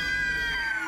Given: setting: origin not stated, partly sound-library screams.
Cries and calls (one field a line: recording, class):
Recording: one-second piece from a danger detection set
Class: woman in danger